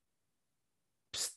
Cat is sneezing.